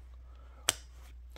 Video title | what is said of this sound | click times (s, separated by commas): TWOROWS OF TWOSUNS, 20 PIECES, #knifereview #edcknife #edc #tworowsoftwosuns #twosunknives | it goes in and it's locked in like a drer clip great tension I mean but | 0.7 s